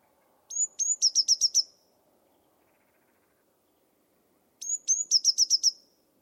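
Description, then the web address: Bird song: two high thin notes followed by a fast series of bright chips, the phrase given twice; faint low background hum. Bird-only recording from a 2025 bird dataset. "cianscape birddata Deverinetal 2025 Bird Only"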